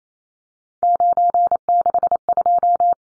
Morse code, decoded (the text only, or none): 962